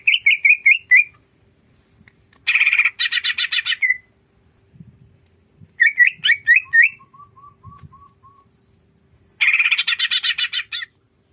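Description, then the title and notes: Greater green leafbird song mixing clear whistled phrases and rapid buzzy trills, with a soft series of low, evenly spaced piping notes in the middle. Training song for cage birds, with prompting phrases, of a vigorously singing bird. "Masteran & Pancingan Cucak Ijo Gacor. Burung Cucak Ijo"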